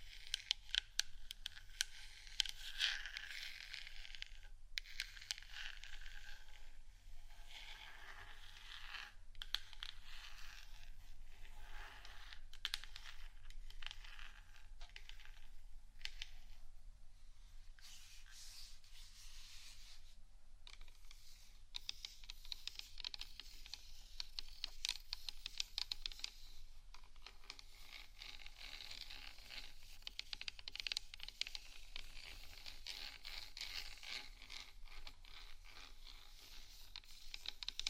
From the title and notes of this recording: ASMR Gentle Scratching & Tapping For Sleep (No Talking).